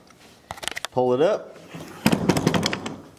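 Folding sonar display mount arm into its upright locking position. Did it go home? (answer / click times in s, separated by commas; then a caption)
yes / 2.7 s. A folding Cornfield Gear LiveScope sonar display mount arm on a bass boat deck is lifted up into its upright position. A few light rattles and clicks come first, someone talks briefly, and then a burst of mechanical clatter follows. A sharp clunk at 2.7 s marks the latch engaging as the mount locks upright.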